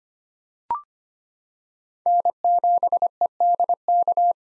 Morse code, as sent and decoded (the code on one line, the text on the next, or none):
-. --... . -.. -.-
N7EDK